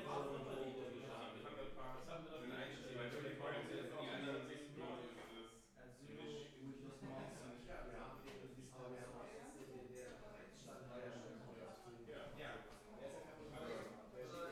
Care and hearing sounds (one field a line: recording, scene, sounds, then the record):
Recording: everyday scene through a hearing-aid microphone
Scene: many people talking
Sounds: many voices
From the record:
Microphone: behind the ear, left, rear